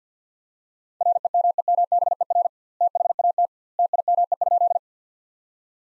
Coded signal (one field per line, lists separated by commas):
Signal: Morse code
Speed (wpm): 50 wpm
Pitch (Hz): 700 Hz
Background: none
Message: REMEMBER THAT TIME?